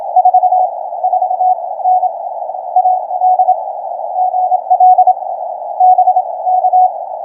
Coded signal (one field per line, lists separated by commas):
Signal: Morse code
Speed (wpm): 24 wpm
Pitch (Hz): 740 Hz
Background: none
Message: 44N AD GL BK